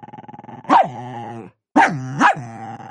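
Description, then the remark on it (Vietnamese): A large dog bares its teeth and growls low, then lets out several loud, harsh barks, each bark sharp and rising before a rumbling snarl, with a brief silence between the bursts. “Nó nhè răng trợn mắt, dữ tợn gầm gừ, dáng vẻ muốn lao về phía Vệ Liễm.”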